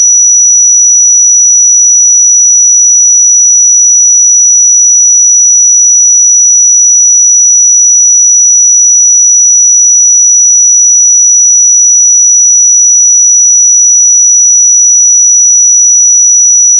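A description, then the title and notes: A pure sine tone at 5879 Hz holds perfectly steady and bright for the whole clip, unchanging in pitch and loudness, with silence behind it. 5879 Hz 1 Hz Interval Sine Pure Tone Frequency 441000 Sample Mono.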